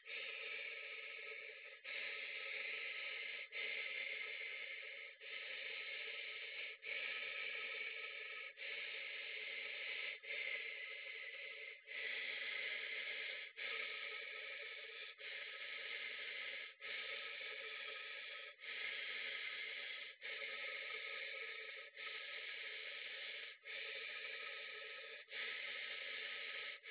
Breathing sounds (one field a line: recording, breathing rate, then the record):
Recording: paced breathing near a phone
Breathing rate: 18 breaths a minute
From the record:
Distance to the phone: 20 cm